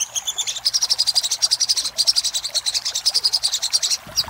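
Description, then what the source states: Little spiderhunter: a continuous fast rattle of high chips, almost trilled, lasting about four seconds. Master recording for training cage birds, titled Sogok Ontong Labaik.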